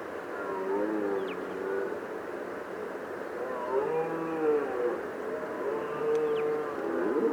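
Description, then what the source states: Red deer bellowing: several wavering harmonic moans repeated throughout, over a steady low background rumble. Stag bellowing during the rut.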